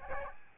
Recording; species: mosquito wingbeat signal from an infrared sensor; Aedes albopictus